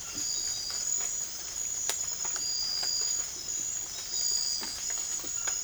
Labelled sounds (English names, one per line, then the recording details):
none
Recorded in secondary vegetation near Puerto Asís, Putumayo, Colombia, on 12 March 2025 at 03:30
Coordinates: 0.488, -76.319
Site G095